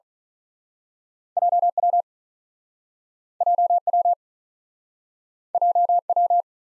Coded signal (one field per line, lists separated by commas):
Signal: Morse code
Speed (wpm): 47 wpm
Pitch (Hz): 700 Hz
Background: none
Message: J W J W J W